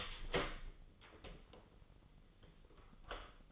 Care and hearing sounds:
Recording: daily activity, microphone in the room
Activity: open door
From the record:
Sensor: 4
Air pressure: 996.9 hPa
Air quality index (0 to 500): 64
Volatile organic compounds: 2 ppm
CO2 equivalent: 1145 ppm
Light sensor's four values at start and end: 18/43/17/18 and 17/40/16/17

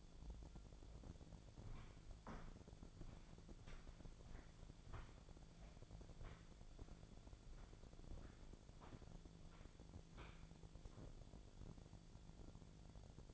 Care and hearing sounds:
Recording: daily activity, microphone in the room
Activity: walk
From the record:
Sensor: 5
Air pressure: 1008.4 hPa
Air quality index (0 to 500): 153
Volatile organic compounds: 3 ppm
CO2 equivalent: 1475 ppm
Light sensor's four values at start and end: 65/180/71/72 and 66/181/71/72

